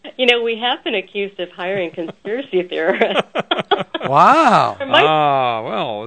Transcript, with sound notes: You know, we have been accused of hiring conspiracy theorists. *laugh*
Wow... Ah well...